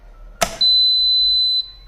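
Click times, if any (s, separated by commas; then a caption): 0.4 s. The handle of an air fryer lid fitted onto an electric multi-cooker is pressed down until the lid locks onto the cooker base, which lets the machine switch on. A single sharp click sounds at 0.4 s, followed by a steady high-pitched beep from about 0.6 to 1.6 s. The lid is seated and locked.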